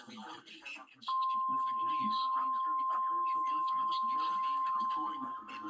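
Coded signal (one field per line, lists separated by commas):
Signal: Emergency Alert System (SAME) tones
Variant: 1050 Hz attention tone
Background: speech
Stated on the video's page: Weekly test broadcast live.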